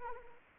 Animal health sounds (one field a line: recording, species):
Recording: mosquito wingbeat signal from an infrared sensor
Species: Anopheles arabiensis